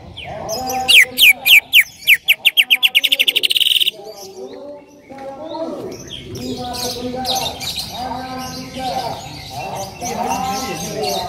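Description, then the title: Bird song: a loud, rapid trill that speeds up over about three seconds, followed by lower, repeated harmonic calls. "Kicau Burung"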